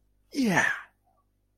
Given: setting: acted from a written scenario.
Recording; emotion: vocal sound without words; positive surprise